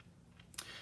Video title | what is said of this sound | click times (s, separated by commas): Pipe Tool, how to pack a pipe and Zippo tool | I did a little repairs to it you can hear the click it wouldn't clicking | 0.5 s, 0.6 s